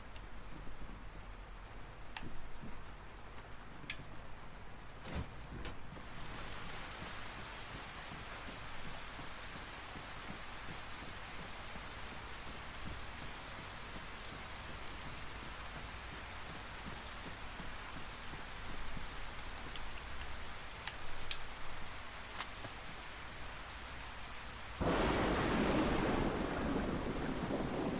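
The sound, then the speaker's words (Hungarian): Video game thunderstorm: steady hiss of heavy rain with a low rumble of thunder early on, the texture shifting after a few seconds and swelling into a louder, harsher downpour near the end. No voices. “A viharhangok is, mint hogyha változtak volna.”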